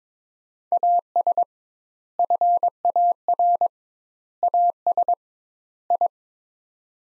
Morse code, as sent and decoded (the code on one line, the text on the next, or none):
.- ... / ..-. .- .-. / .- ... / ..
AS FAR AS I